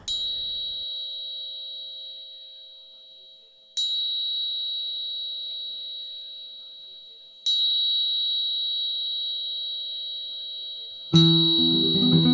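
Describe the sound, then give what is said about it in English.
Tuning forks ring out in steady, pure sustained tones, struck again about every four seconds, each strike adding a bright metallic shimmer that slowly fades; a fuller, busier sound enters at the very end. “The sound you're hearing is from my tuning forks, which are both solfeggio frequencies, specifically 528 hertz and 639 hertz.”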